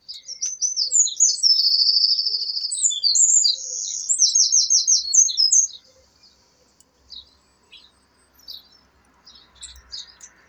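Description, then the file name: Eurasian wren song: a loud, high, rapid outburst of sharp notes and fast rattling trills lasting about five seconds, followed by faint scattered chirps. "Troglodytes troglodytes"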